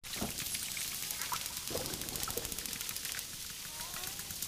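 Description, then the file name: Dolphin clicking in rapid dense trains, with a faint rising whistle late, over steady watery hiss and scattered splashes. "shelkane svist delfina vspleski vodi"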